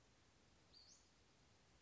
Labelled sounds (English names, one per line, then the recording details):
Western Flycatcher
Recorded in Sonoma County, California